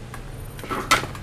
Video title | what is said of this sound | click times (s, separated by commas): My Crafty Life - Episode 5, Part 2 - Painting My ATG.wmv | roller assembly back on, and you should see some notches there where this just will snap right into place. | 0.9 s